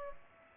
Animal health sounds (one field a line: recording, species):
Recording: mosquito wingbeat signal from an infrared sensor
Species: Culex pipiens